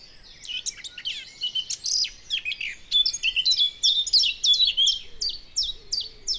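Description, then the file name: Eurasian blackcap singing a busy, chattering warble that settles into a steady series of clear fluty notes, each dropping slightly in pitch. "Sylvia atricapilla"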